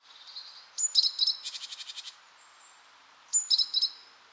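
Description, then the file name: Great tit calls, high sharp notes followed by a rapid buzzy churring series, then another short cluster of thin high notes. "Parus major"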